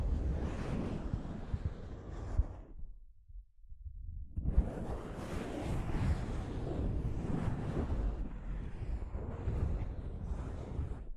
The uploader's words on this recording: ASMR Mic Brushing using Soft Fabric (No Talking).